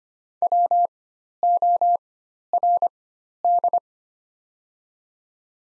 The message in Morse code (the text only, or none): WORD